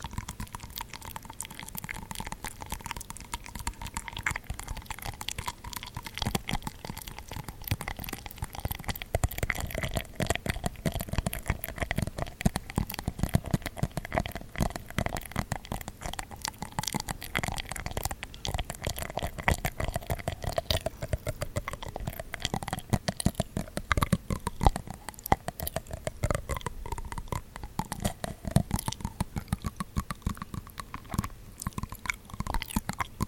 ASMR DEEP BRAIN MASSAGE with mouth sounds and soft whispers